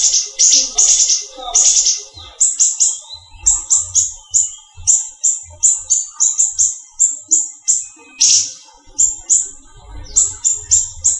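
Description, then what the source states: Leafbird song: a fast run of high, sharp whistled notes and rich warbled phrases, then steady repeated chirps, with faint low rumbling below. Local name cucak ijo, described as the small-leaf (daun kecil) type.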